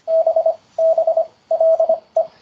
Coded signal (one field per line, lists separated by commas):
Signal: Morse code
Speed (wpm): 25 wpm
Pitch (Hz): 650 Hz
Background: none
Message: BBLE